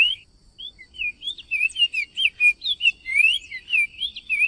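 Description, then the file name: Cinnamon tanager singing a fast run of clear, slurred whistles that swoop up and down, with thin high notes above. "bico de veludo"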